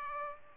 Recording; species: mosquito wingbeat signal from an infrared sensor; Culex pipiens